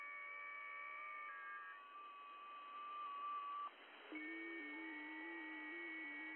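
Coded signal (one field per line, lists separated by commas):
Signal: FT8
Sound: several faint steady warbling tones over hiss, a short pause, then new tones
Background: radio static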